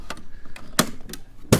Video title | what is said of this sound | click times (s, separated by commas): 40v cordless battery Ryobi Lawnmower vs. Leaves : Why bother raking? | Hear it click, it's locked in. | 0.8 s, 1.5 s